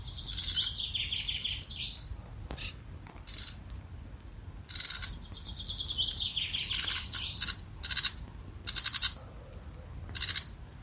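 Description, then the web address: Bird calls in high, rapid bursts of short repeated pi notes, several clusters spaced irregularly throughout, with quieter thin whistles between and a low steady background hum. Pi pi pi pi call type. "cianscape birddata Deverinetal 2025 Bird Only More Classes Pi Pi Pi Pi"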